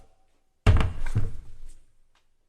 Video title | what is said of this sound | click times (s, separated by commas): Rhythm Healthcare Travel Oxygen Concentrator - Full Tutorial | Slide it down until you hear that latch. | 0.7 s